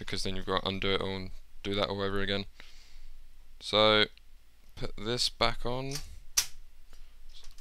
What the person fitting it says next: you can hear those clicking into place